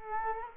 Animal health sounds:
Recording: mosquito wingbeat signal from an infrared sensor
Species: Culex quinquefasciatus

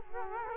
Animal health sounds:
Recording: mosquito wingbeat signal from an infrared sensor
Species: Culex quinquefasciatus

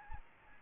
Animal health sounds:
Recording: mosquito wingbeat signal from an infrared sensor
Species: Aedes albopictus

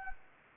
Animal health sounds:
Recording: mosquito wingbeat signal from an infrared sensor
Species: Anopheles gambiae

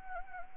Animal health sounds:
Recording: mosquito wingbeat signal from an infrared sensor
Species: Anopheles gambiae

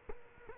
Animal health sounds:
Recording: mosquito wingbeat signal from an infrared sensor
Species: Culex quinquefasciatus

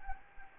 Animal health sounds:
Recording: mosquito wingbeat signal from an infrared sensor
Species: Anopheles gambiae

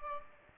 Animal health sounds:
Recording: mosquito wingbeat signal from an infrared sensor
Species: Aedes aegypti

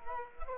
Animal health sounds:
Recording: mosquito wingbeat signal from an infrared sensor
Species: Culex quinquefasciatus

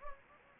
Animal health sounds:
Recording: mosquito wingbeat signal from an infrared sensor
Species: Anopheles gambiae

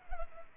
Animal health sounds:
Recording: mosquito wingbeat signal from an infrared sensor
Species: Culex pipiens

